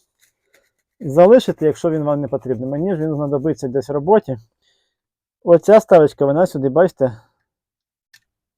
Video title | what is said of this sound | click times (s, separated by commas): Після цього він майже не гріється. Вдосконалення зарядного пристрою Opus BT-C3100. | але не фіксується то есть її треба буде зараз на клей посадити так само | none